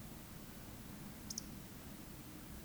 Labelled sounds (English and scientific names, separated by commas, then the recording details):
Eurasian Woodcock (Scolopax rusticola) whistle
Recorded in Baden-Württemberg, Germany, on 14 May 2021 at 19:45 UTC
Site 25175, 602 m above sea level